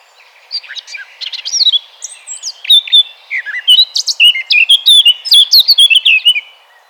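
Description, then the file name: Eurasian blackcap song: a rapid warbling phrase of varied notes, starting with quiet chattering and building into loud, clear fluting whistles, all high-pitched. "Sylvia atricapilla"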